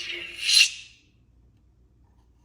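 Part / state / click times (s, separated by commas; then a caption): internal master chassis sliding into lightsaber hilt / not seated / none. An internal Goth3D master chassis is slid into an Oggdo Killer Cal Kestis lightsaber hilt while its switch is lined up with the switch opening in the hilt. A rubbing, scraping rasp builds over the first second, peaks around 0.6 s, and then fades to near silence. The chassis has not seated or clicked in yet.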